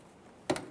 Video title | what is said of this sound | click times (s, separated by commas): How to Replace Fog Lights 2009-2014 Nissan Maxima | Audible click. | 0.5 s